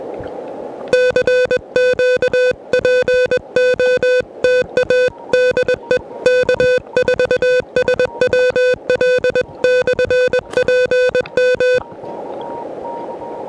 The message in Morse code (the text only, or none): CQ POTA DE K4SWL/PM